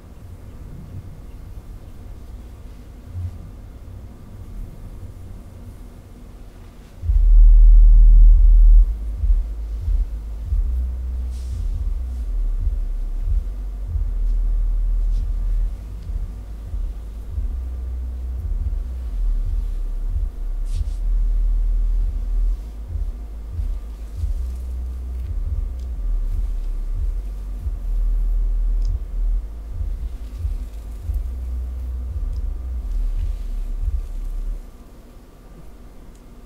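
Back scratching and fabric tracing come through as a low, rumbling rub that starts around seven seconds and continues unevenly, fading near the end.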